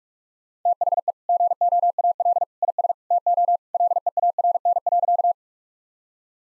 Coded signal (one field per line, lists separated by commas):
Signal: Morse code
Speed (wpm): 46 wpm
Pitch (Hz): 700 Hz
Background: none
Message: THE GOAL IS TO LEARN.